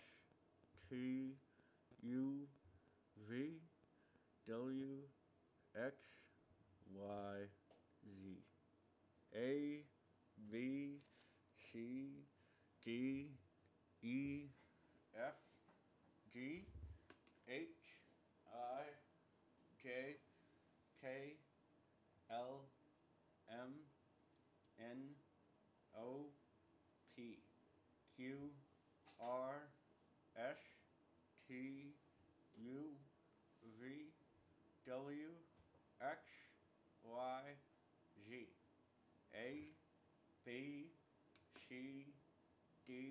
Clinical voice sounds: letters of the alphabet, spoken; constrained by a bite bar between the teeth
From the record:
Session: first day, right after the free take

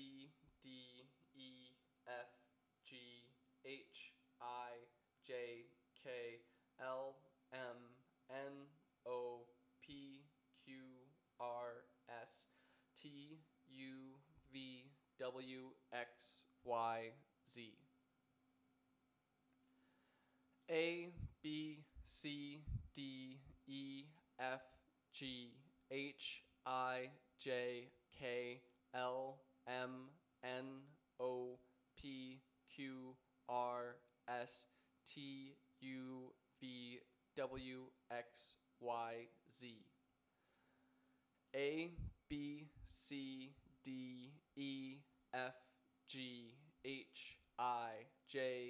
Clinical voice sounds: letters of the alphabet, spoken; free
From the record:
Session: first day, before the bite bar

